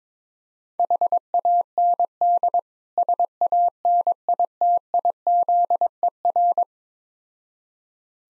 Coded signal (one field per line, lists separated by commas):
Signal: Morse code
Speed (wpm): 21 wpm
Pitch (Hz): 700 Hz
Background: none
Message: HAND SANITIZER